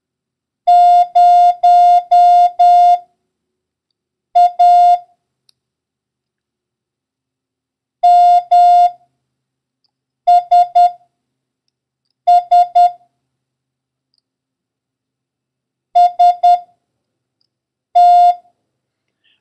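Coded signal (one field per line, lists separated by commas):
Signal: Morse code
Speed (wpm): 10 wpm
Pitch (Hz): 710 Hz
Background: none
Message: 0A MSS ST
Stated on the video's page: Morse code lesson covering the letters S, O, R and the number 1, with random practice runs.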